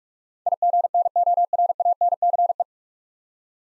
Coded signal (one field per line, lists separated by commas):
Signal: Morse code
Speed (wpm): 46 wpm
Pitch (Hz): 700 Hz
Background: none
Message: IGNORANCE